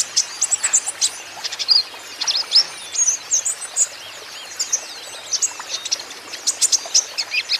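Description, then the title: Van Hasselt's sunbird in continuous high twittering song, sharp chirps tumbling rapidly one after another with slight pitch sweeps. Young green-plumaged (ijoan) konin singing constantly (gacor), used as lure and therapy for untrained caged konin so they answer back. "KOLIBRI NINJA KONIN IJOAN GACOR COCOK UNTUK PANCINGAN TERAPI KONIN BAHAN PASTI NYAUT"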